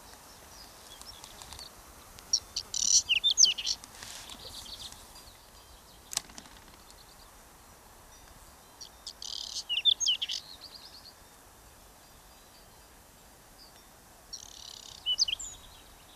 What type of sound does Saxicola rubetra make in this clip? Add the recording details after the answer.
song. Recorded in the wild. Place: Genfersee, Rhône-Alpes, FR. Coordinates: 46.3089, 6.25333. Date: 1986-05-01. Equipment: Uher 4000 Report, Sennheiser MKH 815 T. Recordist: Tretzel, Erwin